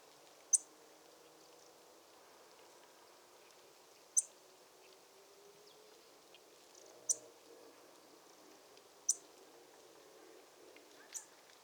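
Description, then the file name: European robin calls: thin, very high, sharp ticks, single and spaced a few seconds apart, five in all, over a quiet background. "Erithacus rubecula"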